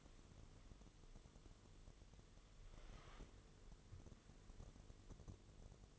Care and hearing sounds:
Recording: daily activity, microphone in the room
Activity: wipe stove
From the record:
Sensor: 4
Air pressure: 1015.9 hPa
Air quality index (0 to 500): 104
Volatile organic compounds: 2 ppm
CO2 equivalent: 1172 ppm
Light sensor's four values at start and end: 9/19/7/7 and 9/19/7/7

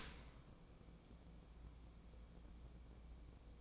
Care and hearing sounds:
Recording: daily activity, microphone in the room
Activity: open dishwasher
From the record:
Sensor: 1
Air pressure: 1012.4 hPa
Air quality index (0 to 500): 171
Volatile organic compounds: 3 ppm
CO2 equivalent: 1396 ppm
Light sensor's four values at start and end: 335/769/339/371 and 335/770/339/372

